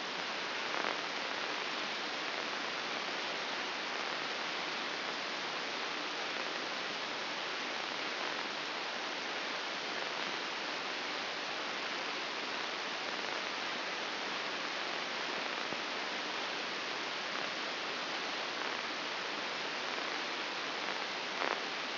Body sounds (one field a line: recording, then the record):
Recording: brain microelectrode recording played as sound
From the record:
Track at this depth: outside the subthalamic nucleus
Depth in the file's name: 7.26 mm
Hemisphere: left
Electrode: 2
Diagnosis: Parkinson's disease